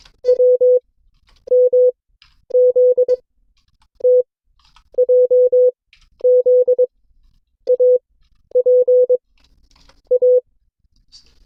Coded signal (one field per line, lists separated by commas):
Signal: Morse code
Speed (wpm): 22 wpm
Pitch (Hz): 500 Hz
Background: none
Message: W M Z T J Z A P A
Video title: CW Class - Session 5 (2026-02-19)